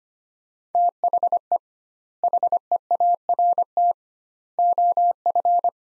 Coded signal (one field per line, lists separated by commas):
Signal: Morse code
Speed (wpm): 25 wpm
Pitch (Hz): 700 Hz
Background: none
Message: THE HEART OF